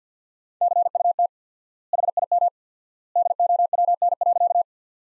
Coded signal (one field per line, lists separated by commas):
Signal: Morse code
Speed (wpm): 50 wpm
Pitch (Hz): 700 Hz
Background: none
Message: CUT HIM DOWN.